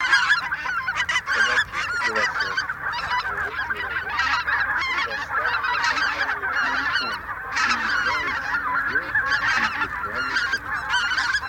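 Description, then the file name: Greater white-fronted goose: greater white-fronted geese calling as a large flock, a dense unbroken chorus of high yelping honks overlapping throughout, with no pauses. Lure recording for a goose hunting caller; a noisy flock gathering. "Белолобый базар"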